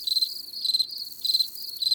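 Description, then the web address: Cricket chirps, pulsed high bursts repeating about every half second over a steady trill. In the garden. "Les grillons. un jour au jardin"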